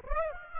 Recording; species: mosquito wingbeat signal from an infrared sensor; Aedes aegypti